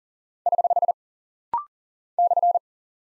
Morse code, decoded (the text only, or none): <HH> /